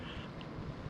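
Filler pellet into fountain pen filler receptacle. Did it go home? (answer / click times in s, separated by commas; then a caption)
no / none. A plunger pellet fitted with a talc-dusted latex diaphragm is being pushed into its receptacle in the filler unit of a 1940–52 Parker Vacumatic-style fountain pen. Steady low rumble and broadband noise are heard, with a brief bright blip at about 0.4 s. Nothing has seated or clicked yet.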